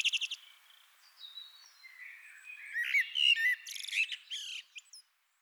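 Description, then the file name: Eurasian blackbird song fragments: soft warbles and high scratchy twitters, starting with a brief buzzy trill, cutting off abruptly near the end. "Turdus merula"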